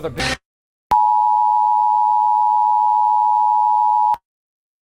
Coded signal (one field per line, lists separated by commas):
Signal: Emergency Alert System (SAME) tones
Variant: 853 and 960 Hz attention tone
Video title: EAS Scenario #9: Dinosaur Resurrection